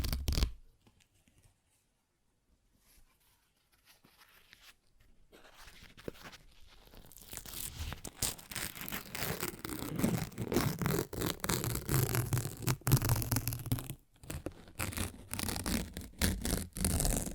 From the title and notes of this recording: ASMR Paper Ripping Tearing Sounds (No Talking).